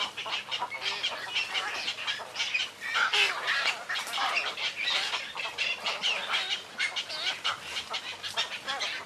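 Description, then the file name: Cattle egrets in a noisy chorus, rough nasal squawks and croaks overlapping constantly from many birds at once. "黃頭鷺"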